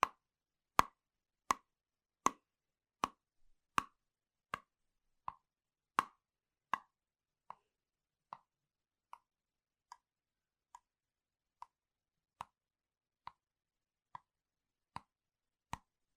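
Single taps on Apple gear land at a steady, unhurried pace, about one every three quarters of a second. Each is a short, hollow knock with a dull middle tone, the first several a little louder than the later ones. Silence fills the gaps.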